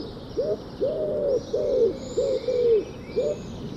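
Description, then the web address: Bird calling with low, hollow hoots, some short and some drawn out, in an uneven run against steady background hiss. "cianscape. Deverinetal. Bird Only"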